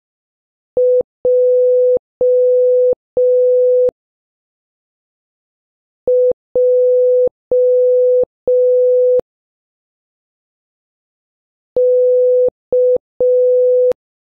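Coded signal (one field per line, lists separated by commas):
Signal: Morse code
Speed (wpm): 5 wpm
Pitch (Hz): 500 Hz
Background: none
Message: J J K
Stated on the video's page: Morse practice of letters H to N at slow, medium, then fast speeds.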